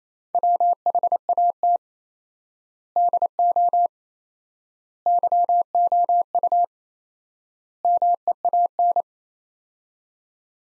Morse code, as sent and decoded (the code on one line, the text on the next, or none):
.-- .... .- - / -.. --- / -.-- --- ..- / -- . .- -.
WHAT DO YOU MEAN